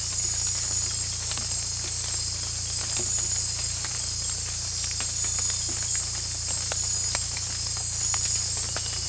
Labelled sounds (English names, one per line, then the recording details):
none
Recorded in secondary vegetation near Puerto Asís, Putumayo, Colombia, on 18 December 2024 at 01:00
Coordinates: 0.484, -76.319
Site GP06